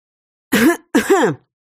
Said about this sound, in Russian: Громко кашлянула я, и, аллилуйя, несколько взглядов задержались на мне.